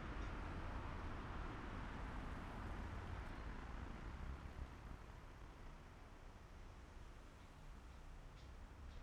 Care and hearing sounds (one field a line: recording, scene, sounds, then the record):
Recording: everyday scene through a hearing-aid microphone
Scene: in traffic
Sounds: traffic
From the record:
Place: main city hub, rush hour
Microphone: behind the ear, left, front